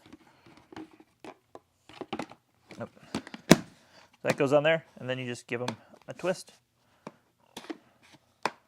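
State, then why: Seated. A filter for a Henry Allergy HVA160 canister vacuum is set onto its mount on the motor head and twisted so its marks line up with the latches until it locks. Someone talks over light handling taps and rustles, and a sharp click at 8.5 s marks the filter seating.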